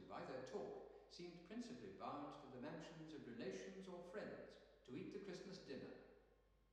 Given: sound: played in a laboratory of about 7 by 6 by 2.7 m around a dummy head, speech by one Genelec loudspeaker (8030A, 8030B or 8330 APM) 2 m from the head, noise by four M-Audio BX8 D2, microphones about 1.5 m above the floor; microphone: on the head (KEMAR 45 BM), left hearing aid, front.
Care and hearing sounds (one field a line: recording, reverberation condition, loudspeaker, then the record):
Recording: male speech in English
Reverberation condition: high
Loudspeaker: 150 degrees to the left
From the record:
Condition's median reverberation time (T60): about 1300 ms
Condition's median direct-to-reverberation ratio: about -4.0 dB